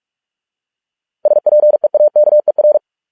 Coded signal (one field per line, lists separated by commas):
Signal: Morse code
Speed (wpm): 46 wpm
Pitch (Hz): 600 Hz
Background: none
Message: SPEAKER